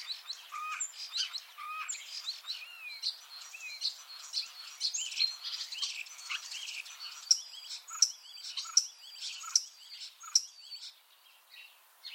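Common starling giving a busy medley of squeaks, whistles and rattles, then a run of sharp, evenly spaced clicks before tailing off.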